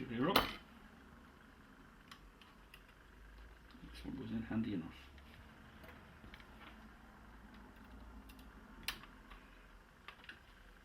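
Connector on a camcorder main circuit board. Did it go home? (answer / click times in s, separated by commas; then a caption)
yes / 8.9 s. While refitting the VC-543 main circuit board in a Sony HVR-Z5 camcorder, a connector or flex-cable latch is pushed home by hand, with soft handling ticks along the way. A sharp click at 8.9 s marks the connector seating into place. Someone talks briefly near the start.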